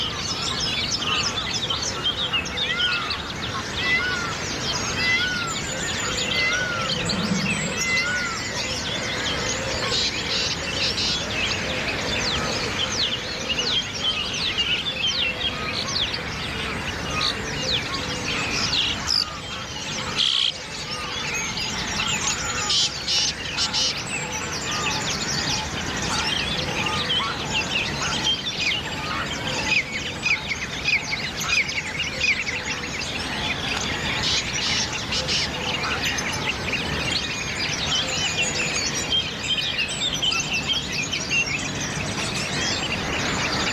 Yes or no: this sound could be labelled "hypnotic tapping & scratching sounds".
no